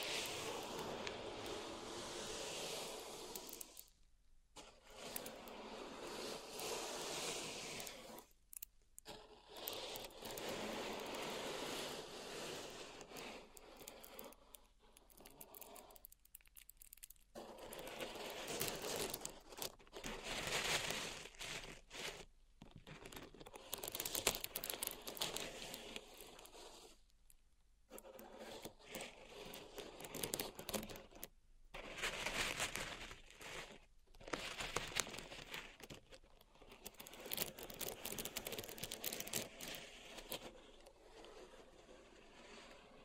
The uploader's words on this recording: ASMR Relaxing Pink Salt Zen Garden Triggers (No Talking).